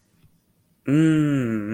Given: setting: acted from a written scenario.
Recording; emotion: vocal sound without words; serenity